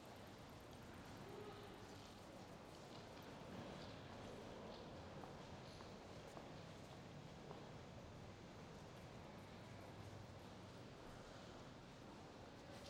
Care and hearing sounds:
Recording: everyday scene through a hearing-aid microphone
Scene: reverberant space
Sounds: background noise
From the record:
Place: railway station hall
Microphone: in the ear canal, left

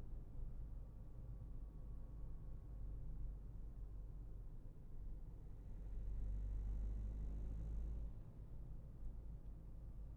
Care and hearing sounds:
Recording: everyday scene through a hearing-aid microphone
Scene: in a vehicle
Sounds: engine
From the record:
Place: Berlingo II, diesel engine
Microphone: behind the ear, left, rear

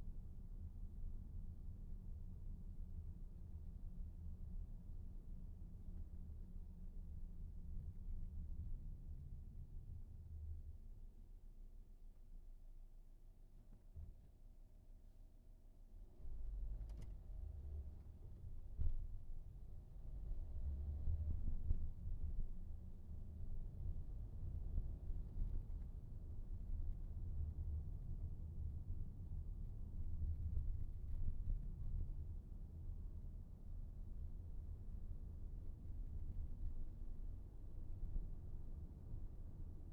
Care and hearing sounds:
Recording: everyday scene through a hearing-aid microphone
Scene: in a vehicle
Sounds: engine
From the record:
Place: VW T5 Caravelle, diesel engine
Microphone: behind the ear, right, rear

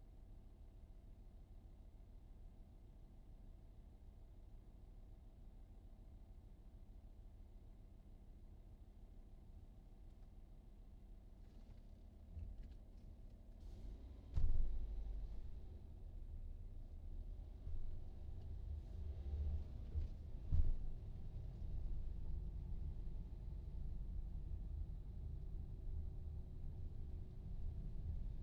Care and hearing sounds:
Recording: everyday scene through a hearing-aid microphone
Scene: in a vehicle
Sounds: engine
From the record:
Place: VW T5 Caravelle, diesel engine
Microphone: in the ear canal, right

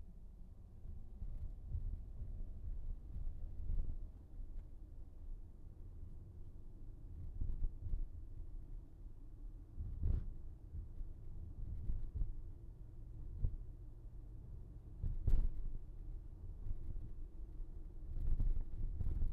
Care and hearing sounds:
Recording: everyday scene through a hearing-aid microphone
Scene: in a vehicle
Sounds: engine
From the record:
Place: VW T5 Caravelle, diesel engine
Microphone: behind the ear, right, rear

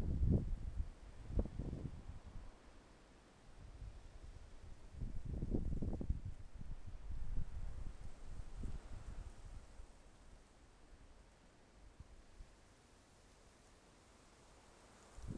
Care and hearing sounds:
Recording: everyday scene through a hearing-aid microphone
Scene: wind on the microphone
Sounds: wind, traffic, birds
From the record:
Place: suburban garden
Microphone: behind the ear, left, front

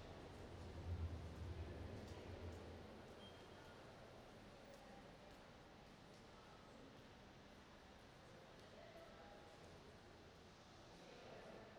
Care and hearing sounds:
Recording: everyday scene through a hearing-aid microphone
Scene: reverberant space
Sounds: background noise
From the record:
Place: railway station hall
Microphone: in the ear canal, right

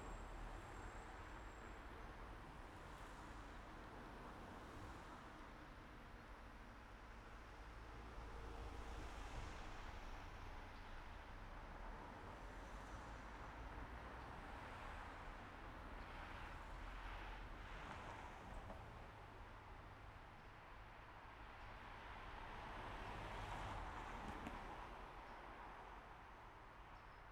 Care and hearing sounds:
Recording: everyday scene through a hearing-aid microphone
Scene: in traffic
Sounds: traffic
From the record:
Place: main road on the outskirts, rush hour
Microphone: behind the ear, right, rear

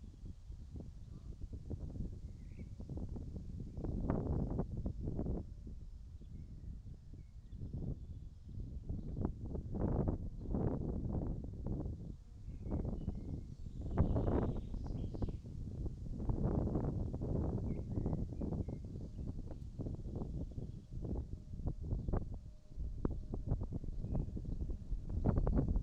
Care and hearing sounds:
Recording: everyday scene through a hearing-aid microphone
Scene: wind on the microphone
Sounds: wind, birds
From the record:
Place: in front of a rural house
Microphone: in the ear canal, right

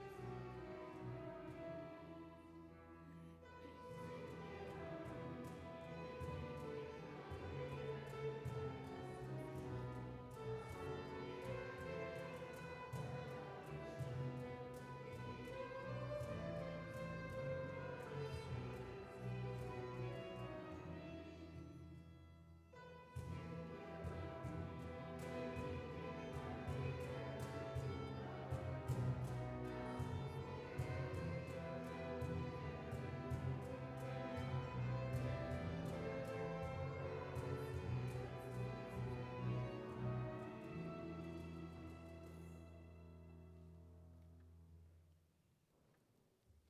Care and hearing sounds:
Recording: everyday scene through a hearing-aid microphone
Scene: reverberant space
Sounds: music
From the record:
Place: church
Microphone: behind the ear, right, rear

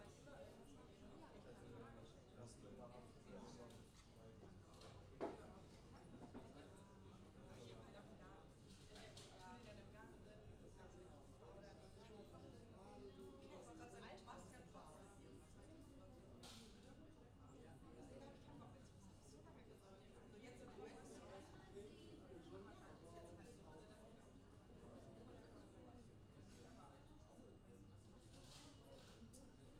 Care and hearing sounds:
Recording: everyday scene through a hearing-aid microphone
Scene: many people talking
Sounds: many voices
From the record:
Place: university cafeteria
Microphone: in the ear canal, left

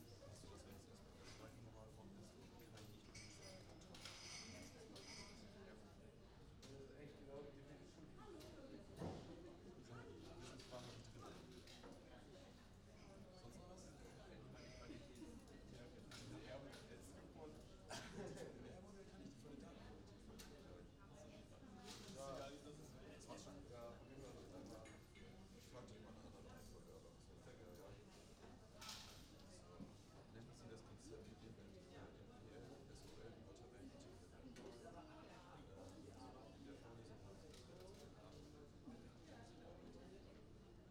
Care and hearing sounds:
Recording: everyday scene through a hearing-aid microphone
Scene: many people talking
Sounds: many voices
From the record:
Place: university cafeteria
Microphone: in the ear canal, right

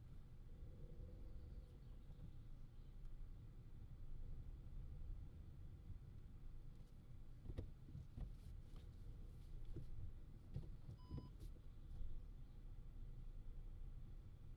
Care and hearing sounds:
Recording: everyday scene through a hearing-aid microphone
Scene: in a vehicle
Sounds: engine, rumble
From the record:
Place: Skoda Fabia, gasoline engine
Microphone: in the ear canal, left

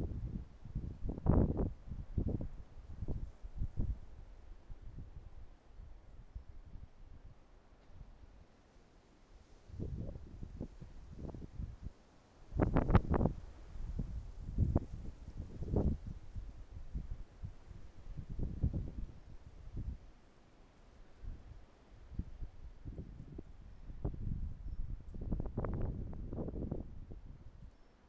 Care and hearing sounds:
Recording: everyday scene through a hearing-aid microphone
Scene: wind on the microphone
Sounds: wind, traffic, birds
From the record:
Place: suburban garden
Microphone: behind the ear, right, front

